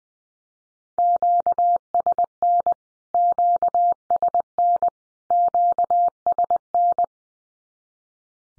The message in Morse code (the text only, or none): QSN QSN QSN